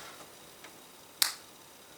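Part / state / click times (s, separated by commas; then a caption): LEGO arrow element into mating arrow element / seated / 1.2 s. A plastic LEGO arrow element from the 2023 Monkey King Ultra Mech 80045 set is pushed into its mating arrow element, listening for the click the ear symbol calls for. After a few faint ticks, a sharp, bright snap rings out at 1.2 s, followed by a softer tick at the very end. The arrow pieces snap in place and are seated.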